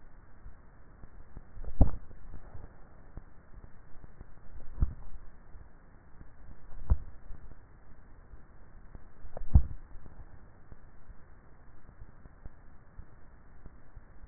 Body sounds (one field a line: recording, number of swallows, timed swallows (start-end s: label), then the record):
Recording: swallowing sounds by neck microphone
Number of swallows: 4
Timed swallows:
1.58-3.08 s: swallow
4.62-5.62 s: swallow
6.72-7.88 s: swallow
9.28-10.72 s: swallow
From the record:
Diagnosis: dysphagia